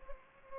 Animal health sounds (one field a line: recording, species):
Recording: mosquito wingbeat signal from an infrared sensor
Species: Culex pipiens